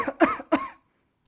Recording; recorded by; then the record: voluntary cough; messaging app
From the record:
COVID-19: negative